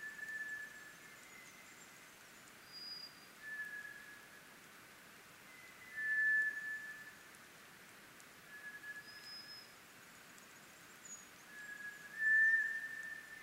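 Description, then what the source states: White's thrush: monotone whistled notes of a White's thrush, slow and widely spaced, varying a little in pitch, with faint higher chirps from other birds. Recorded 24 April 2010 at 04:32.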